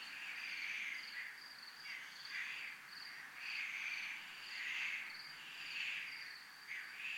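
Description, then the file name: Crickets calling in a continuous high pulsed trill, joined by louder rasping insect bursts that rise and fade repeatedly. Crickets recorded in a military zone. "zona militar crickets"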